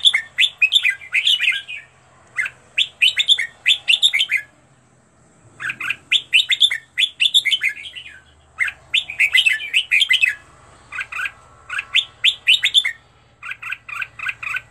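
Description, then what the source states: Red-whiskered bulbul song in repeated bouncy phrases of quick, whistled chirps, separated by brief gaps. Made for training bulbuls to sing, presenting 15 standard song styles.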